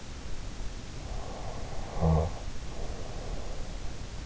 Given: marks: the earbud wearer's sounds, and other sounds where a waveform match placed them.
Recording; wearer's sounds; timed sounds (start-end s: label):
sounds in sleep by an in-ear microphone; snoring breath
1.10-3.78 s: snoring breath